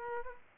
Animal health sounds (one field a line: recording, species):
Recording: mosquito wingbeat signal from an infrared sensor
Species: Aedes aegypti